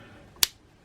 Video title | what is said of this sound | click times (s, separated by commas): Metal Build Gundam Astray Blue Frame Full-Weapons Figure Review | Hear that click for the ball joint, and I think that's pretty much | 0.4 s